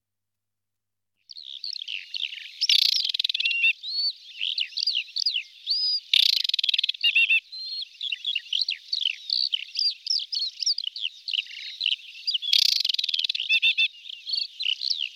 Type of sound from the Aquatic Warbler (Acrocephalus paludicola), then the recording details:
song. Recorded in the wild. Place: Nagyivan / Hortobagy Nationalpark, HU. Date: 1990-05-15. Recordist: Schwarz, Dieter